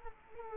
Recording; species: mosquito wingbeat signal from an infrared sensor; Culex quinquefasciatus